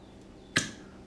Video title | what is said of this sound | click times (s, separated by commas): LEARN: How To Get the BEST Results From a Spray Can! | that pop means a ticking time bomb you have about a good | 0.6 s